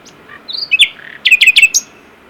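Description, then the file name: Common nightingale song: a soft whistled note, then a few sharp chirps and a quick run of repeated clipped notes. "Luscinia megarhynchos"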